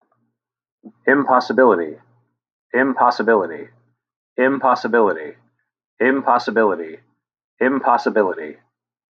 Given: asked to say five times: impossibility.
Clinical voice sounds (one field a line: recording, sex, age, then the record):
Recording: repeated word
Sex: male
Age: 40 to 49 years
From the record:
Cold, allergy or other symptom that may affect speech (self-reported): no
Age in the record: 44 years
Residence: Ohio, United States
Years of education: 18